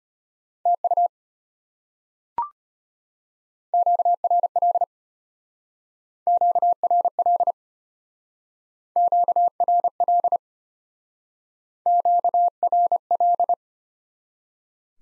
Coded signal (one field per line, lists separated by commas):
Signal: Morse code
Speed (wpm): 34 wpm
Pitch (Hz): 700 Hz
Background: none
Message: TU QRL QRL QRL QRL